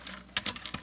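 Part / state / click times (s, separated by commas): metal cutting die into plastic embossing folder / seated / 0.4 s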